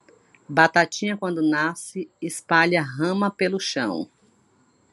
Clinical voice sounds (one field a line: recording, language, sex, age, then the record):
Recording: short text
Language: Brazilian Portuguese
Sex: female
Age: 50 to 59 years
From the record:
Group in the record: control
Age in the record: 54 years